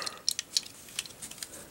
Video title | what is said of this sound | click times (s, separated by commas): Maketoys HYPERNOVAE (Nova Prime): EmGo's Transformers Reviews N' Stuff | like to do about two clicks | 0.3 s, 0.6 s